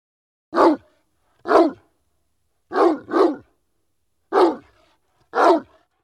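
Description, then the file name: Dog barking: six short, sharp woofs, one quick double bark in the middle, spaced by brief pauses. "Digiffects Sound Effects Library - Dog Bark"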